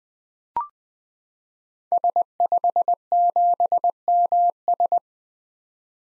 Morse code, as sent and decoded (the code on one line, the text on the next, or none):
... ..... --... -- ...
S57MS